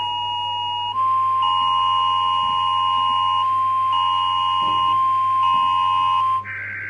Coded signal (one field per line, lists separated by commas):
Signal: Emergency Alert System (SAME) tones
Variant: 1050 Hz attention tone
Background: music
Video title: Rating EAS Alarms Part 10: More alarms